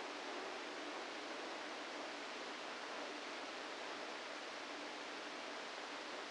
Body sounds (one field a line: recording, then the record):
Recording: brain microelectrode recording played as sound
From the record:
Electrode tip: inside the subthalamic nucleus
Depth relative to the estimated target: -2 mm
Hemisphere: right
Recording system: NeuroSet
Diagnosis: Parkinson's disease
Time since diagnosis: 7 years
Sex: female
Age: 68 years